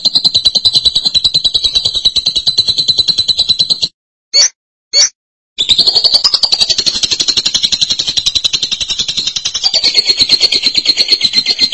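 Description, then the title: Lovebird chattering song: sustained, rapid, buzzy high twittering, interrupted once by two short sharp notes in a brief pause. "BM Suara Burung Lovebird"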